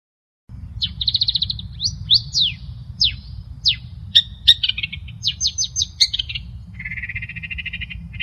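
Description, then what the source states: Long-tailed shrike singing a varied sequence of thin whistles, slurred downward notes and short trills, finishing with a sustained buzzy trill, over a low steady hum. Training recording used to teach songs to caged birds.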